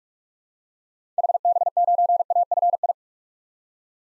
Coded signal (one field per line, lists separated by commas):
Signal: Morse code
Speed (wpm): 46 wpm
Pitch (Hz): 700 Hz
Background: none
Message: HB9AFI